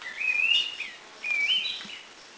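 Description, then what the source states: Streaked Wren-Babbler calling twice, each a smooth whistled phrase that rises and wavers, about a second apart, against quiet background hiss. Northern Thailand.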